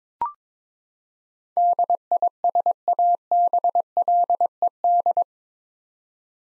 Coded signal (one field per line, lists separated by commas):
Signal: Morse code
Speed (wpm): 23 wpm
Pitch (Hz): 700 Hz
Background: none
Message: DISABLED